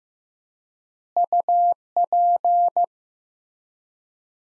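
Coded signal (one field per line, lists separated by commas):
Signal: Morse code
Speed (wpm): 15 wpm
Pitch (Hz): 700 Hz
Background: none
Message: UP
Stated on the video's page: Morse practice at 15 wpm: sets of three words with 4x word-spacing, Farnsworth-like, each sent, spoken, then sent again for head-copy.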